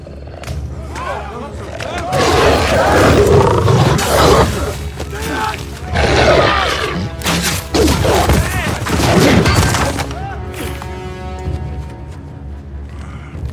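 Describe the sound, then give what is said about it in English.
A wolf-like beast lets out loud, rough roars in several heavy bursts, then trails into a sustained, wavering howl that fades near the end. “Was that a wolf? Are there wolves out there?”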